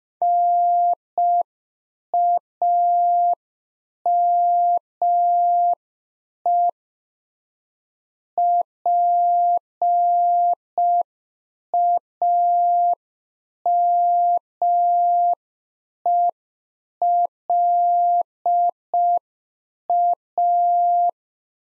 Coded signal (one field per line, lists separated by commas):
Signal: Morse code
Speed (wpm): 5 wpm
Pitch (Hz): 700 Hz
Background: none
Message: NAME PAMELA